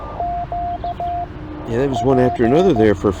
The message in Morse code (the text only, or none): Q P